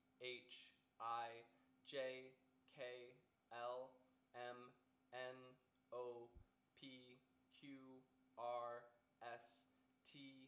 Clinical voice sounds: letters of the alphabet, spoken; free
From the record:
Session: first day, before the bite bar

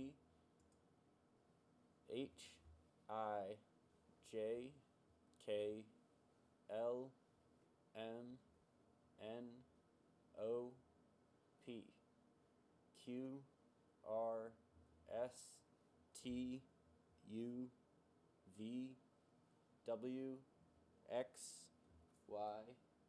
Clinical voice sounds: letters of the alphabet, spoken; free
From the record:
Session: seven days later

